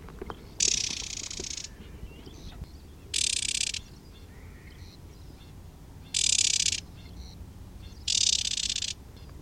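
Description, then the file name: White-eye alarm calls: four loud, harsh, hissing buzzes, each up to about a second long, spaced by pauses. "suara alarm warbler kacamata"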